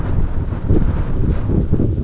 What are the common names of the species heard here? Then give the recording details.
none. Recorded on Arctic tundra, site EABA-1, on 22 June 2018. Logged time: 14:00